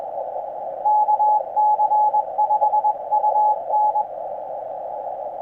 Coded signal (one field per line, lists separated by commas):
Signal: Morse code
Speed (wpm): 21 wpm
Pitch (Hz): 850 Hz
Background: none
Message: KC5UN